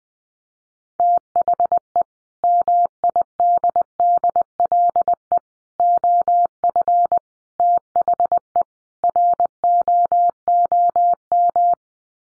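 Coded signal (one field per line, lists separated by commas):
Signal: Morse code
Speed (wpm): 20 wpm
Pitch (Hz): 700 Hz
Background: none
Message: THE MIDDLE OF THE ROOM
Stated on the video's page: Morse practice at 20 wpm: sets of five common English words sent for head-copy, each sent, then spoken, then sent again.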